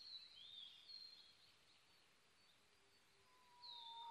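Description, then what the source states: Japanese bush warbler song: high whistled slurred notes, then a quiet, low held whistle with a bright falling high note near the end, over steady background hiss. Recorded 22 May 2011 at 05:58.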